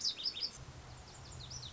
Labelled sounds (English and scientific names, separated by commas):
Lazuli Bunting (Passerina amoena)